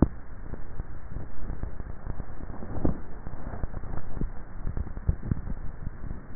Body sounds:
swallowing sounds by neck microphone; 1
4.00-4.77 s: swallow
From the record:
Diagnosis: dysphagia

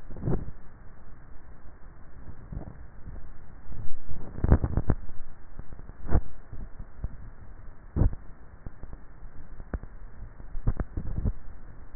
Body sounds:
swallowing sounds by neck microphone; 1
2.38-3.25 s: swallow
From the record:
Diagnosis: dysphagia

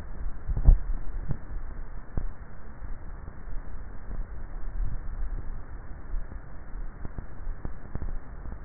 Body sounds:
swallowing sounds by neck microphone; 2
0.49-1.29 s: swallow
4.76-5.46 s: swallow
From the record:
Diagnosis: dysphagia

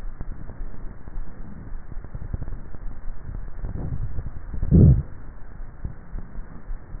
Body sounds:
swallowing sounds by neck microphone; 1
2.78-4.75 s: swallow
From the record:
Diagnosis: dysphagia

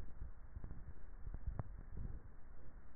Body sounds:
swallowing sounds by neck microphone; 1
0.69-2.16 s: swallow
From the record:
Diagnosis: dysphagia

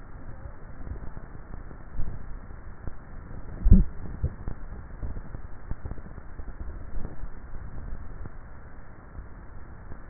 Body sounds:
swallowing sounds by neck microphone; 2
2.05-3.82 s: swallow
7.05-8.08 s: swallow
From the record:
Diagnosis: dysphagia

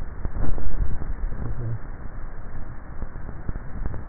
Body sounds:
swallowing sounds by neck microphone; 1
0.62-1.48 s: swallow
From the record:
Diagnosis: dysphagia

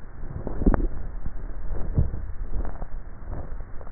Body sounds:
swallowing sounds by neck microphone; 1
1.72-2.75 s: swallow
From the record:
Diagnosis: dysphagia

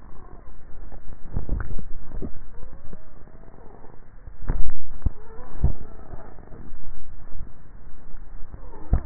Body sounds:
swallowing sounds by neck microphone; 2
1.48-2.55 s: swallow
6.73-7.45 s: swallow
From the record:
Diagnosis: dysphagia

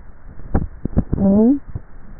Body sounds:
swallowing sounds by neck microphone; 1
0.50-1.20 s: swallow
From the record:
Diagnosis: dysphagia

